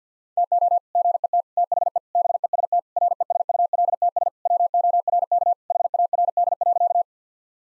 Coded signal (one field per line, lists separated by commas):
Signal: Morse code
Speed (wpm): 50 wpm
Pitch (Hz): 700 Hz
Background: none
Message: TO GET THE BEST RESULTS WORK HARD.